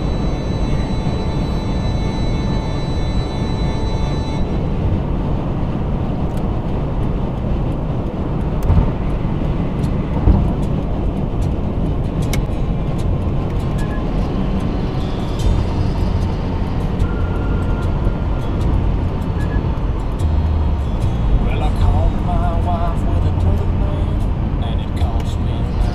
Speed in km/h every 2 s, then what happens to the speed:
140, 140, 142, 142, 142, 142, 134, 126, 116, 109, 103, 101, 95.
0-11 steady at about 142. 11-26 slows to 95.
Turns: none.